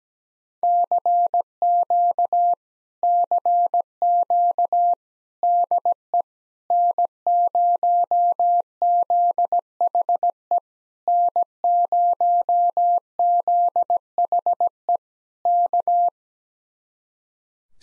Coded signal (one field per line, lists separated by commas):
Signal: Morse code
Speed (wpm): 17 wpm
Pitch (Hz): 700 Hz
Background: none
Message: CQ CQ DE N0ZHE N0ZHE K